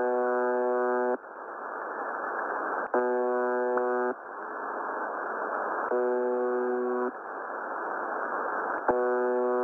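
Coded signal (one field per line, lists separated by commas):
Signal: channel marker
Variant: UVB-76 (The Buzzer)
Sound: four harsh low buzzes, each about a second, about three seconds apart, hiss between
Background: radio static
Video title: 6998 Khz USB Russian Buzzer,using WebSDR UVB-76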